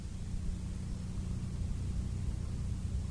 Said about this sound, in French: Et ça, c'est une Toyota. Une voiture japonaise.